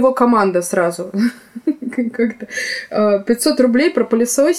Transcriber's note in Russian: Смеется